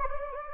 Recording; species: mosquito wingbeat signal from an infrared sensor; Anopheles gambiae